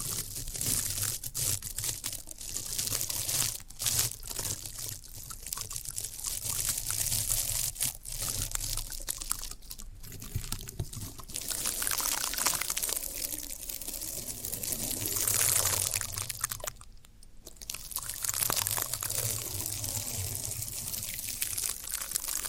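Floral foam being handled, with a steady wet hiss and crackle running throughout as the soaked foam is squeezed or cut. Brief sharper crunches break through every few seconds, and a low rumble sits underneath, dipping briefly around seventeen seconds.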